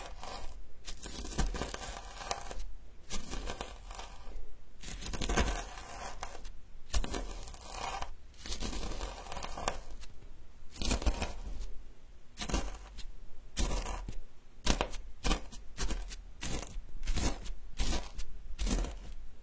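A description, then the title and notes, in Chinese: Medicinal herbs are being ground in a rough, scraping rhythm of strokes, each a gritty crunch that rises and falls. The strokes come unevenly, roughly one or two per second, quickening and growing more clipped toward the end, with a low steady hum underneath. 研磨药材。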